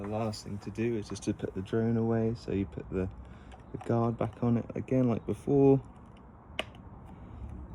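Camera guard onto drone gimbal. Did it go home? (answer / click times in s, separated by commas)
yes / 6.6 s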